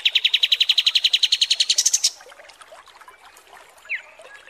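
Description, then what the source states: Kapas tembak song: a fast run of repeated buzzy notes at a steady pitch that climbs higher in the last half-second. A faint chirp follows later. Masteran training recording of kapas tembak song.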